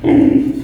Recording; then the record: squeal of a Yucatan mini pig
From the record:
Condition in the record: before surgery on the right vocal fold (resection and tissue-engineered implant); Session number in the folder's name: 2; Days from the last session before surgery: -15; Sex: female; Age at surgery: 19 weeks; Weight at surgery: 25 kg